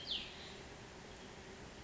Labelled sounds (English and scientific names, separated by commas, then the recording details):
Cassin's Vireo (Vireo cassinii)
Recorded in Sonoma County, California